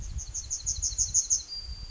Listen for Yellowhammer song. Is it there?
yes